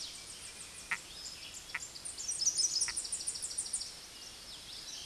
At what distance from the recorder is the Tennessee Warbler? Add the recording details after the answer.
about 20 m. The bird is about 5 m above the microphone. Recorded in a Pennsylvania forest on 16 May 2024 at 09:08. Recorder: AudioMoth, point MSD-1360. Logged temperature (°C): 14.8 °C. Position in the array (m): 168 m, 184 m